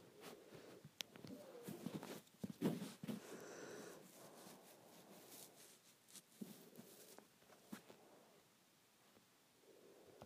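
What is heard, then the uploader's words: Hair being played with, giving soft rustles, brushing sweeps and scratchy crackles. The sound is busiest in the first four seconds, with sharp crackling bursts around the third second. After that it thins to quieter rustling with scattered clicks, then a brief swell near the end. Playing with my Hair.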